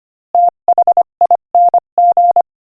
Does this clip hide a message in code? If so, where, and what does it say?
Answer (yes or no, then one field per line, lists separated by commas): yes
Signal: Morse code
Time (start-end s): 0.3-2.4 s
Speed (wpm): 24 wpm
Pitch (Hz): 700 Hz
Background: none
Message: THING